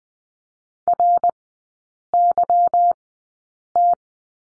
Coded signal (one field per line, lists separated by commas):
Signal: Morse code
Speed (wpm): 20 wpm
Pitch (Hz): 700 Hz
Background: none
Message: RYT